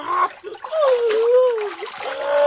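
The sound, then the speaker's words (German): Clear water is poured steadily over someone being washed with soap, splashing for a couple of seconds, while a child's voice makes a wavering, drawn-out whine on top of the noisy wash. “Jetzt klares Wasser drüber.”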